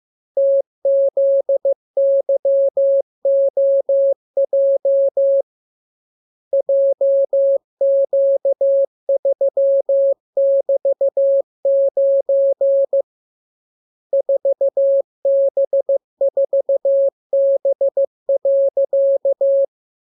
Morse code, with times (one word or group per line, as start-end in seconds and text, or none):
0.4-5.4 TZYOJ
6.5-13.0 JQ3<BT>9
14.1-19.6 4B4B.